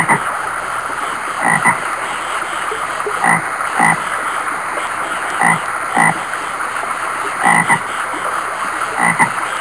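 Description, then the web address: American bullfrog croaks, deep throaty grunts repeated irregularly several times, some doubled, over a steady high hiss. "Soundsation. Animals Bullfrogs"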